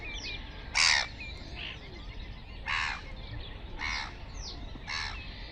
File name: Black headed gull